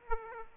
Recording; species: mosquito wingbeat signal from an infrared sensor; Aedes aegypti